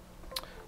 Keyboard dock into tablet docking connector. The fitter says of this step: push it in there until it clicks and it just starts working you can see the mouse